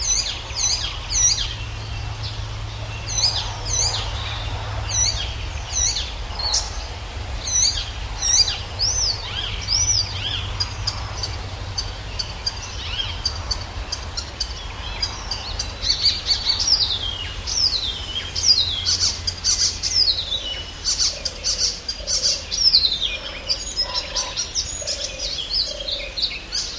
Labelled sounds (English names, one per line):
Icterine Warbler